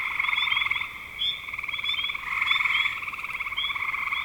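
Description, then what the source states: Frog chorus of overlapping pulsed trills, with quick high chirping notes. Frogs recorded in spring 2025.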